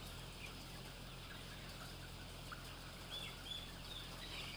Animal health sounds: poultry house recording; healthy chickens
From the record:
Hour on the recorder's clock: 16

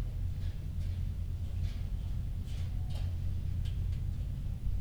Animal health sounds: poultry house recording; healthy chickens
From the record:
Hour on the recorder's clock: 23

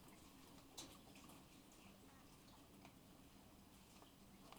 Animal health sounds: poultry house recording; sick chickens (respiratory disease)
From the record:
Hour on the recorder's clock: 15

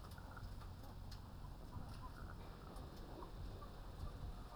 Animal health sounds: poultry house recording; sick chickens (respiratory disease)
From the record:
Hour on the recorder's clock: 21

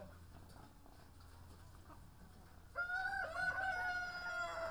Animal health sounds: poultry house recording; sick chickens (respiratory disease)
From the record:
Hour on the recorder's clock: 18

